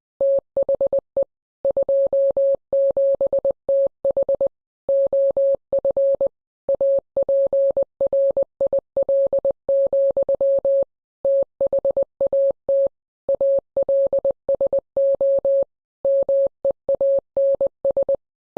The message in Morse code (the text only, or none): THE 27TH OF APRIL, THAT ALSO MEANS